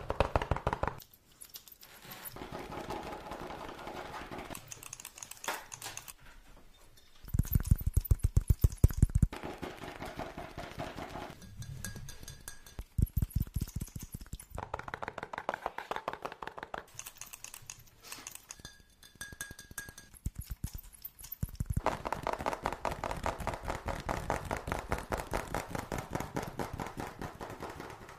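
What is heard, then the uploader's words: Fast tapping runs through the clip in dense, rapid bursts of fine clicks, stopping and starting every few seconds with short pauses between. Around 7 to 9 seconds a heavier, lower thumping stretch stands out, and faint steady tones sit beneath several later bursts. Fast Tapping Deluxe Edition [Binaural Eargasm].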